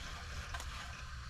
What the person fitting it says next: And there it is. It snapped in both sides.